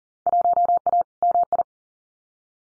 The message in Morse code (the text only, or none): 1A MI